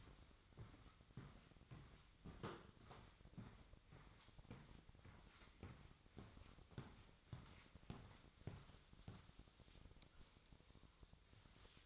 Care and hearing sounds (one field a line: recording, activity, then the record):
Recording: daily activity, microphone in the room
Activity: walk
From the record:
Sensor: 3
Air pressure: 1001.6 hPa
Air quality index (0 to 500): 226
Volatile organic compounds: 32 ppm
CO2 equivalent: 3004 ppm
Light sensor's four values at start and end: 12/37/16/13 and 6/15/6/6